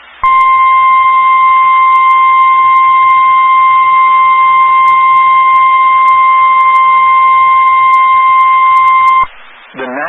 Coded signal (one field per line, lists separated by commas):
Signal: Emergency Alert System (SAME) tones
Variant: 1050 Hz attention tone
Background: speech